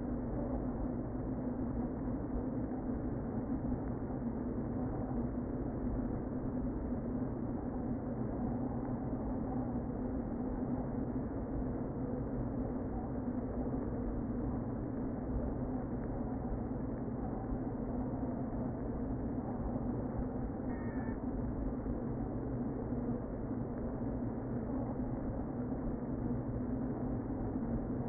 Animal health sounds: honeybee colony, microphone inside the hive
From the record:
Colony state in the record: queen present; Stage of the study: before two queens were removed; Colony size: about 60,000 bees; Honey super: yes

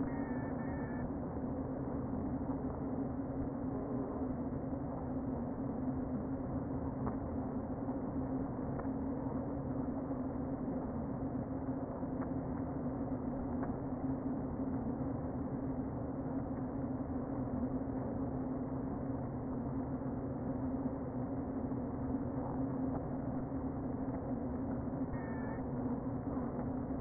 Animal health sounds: honeybee colony, microphone inside the hive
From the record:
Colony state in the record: queen present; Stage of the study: before two queens were removed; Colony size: about 60,000 bees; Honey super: yes

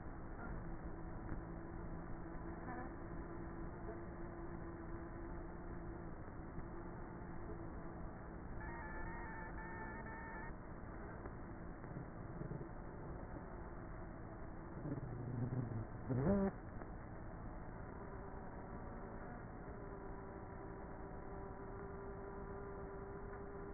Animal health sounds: honeybee colony, microphone inside the hive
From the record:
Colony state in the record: queenless with a low population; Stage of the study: before two queens were removed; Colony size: about 30,000 bees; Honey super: no

